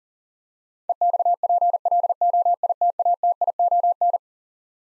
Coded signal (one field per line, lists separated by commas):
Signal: Morse code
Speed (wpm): 40 wpm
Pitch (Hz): 700 Hz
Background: none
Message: EXPLOITATION